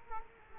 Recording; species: mosquito wingbeat signal from an infrared sensor; Culex quinquefasciatus